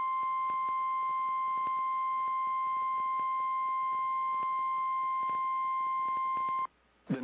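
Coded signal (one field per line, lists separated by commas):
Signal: Emergency Alert System (SAME) tones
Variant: 1050 Hz attention tone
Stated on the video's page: Real Flash Flood Warning aired on an FM station; full alert cut short by a malfunction.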